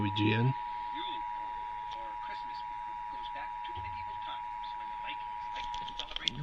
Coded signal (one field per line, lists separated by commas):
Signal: Emergency Alert System (SAME) tones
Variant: 853 and 960 Hz attention tone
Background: speech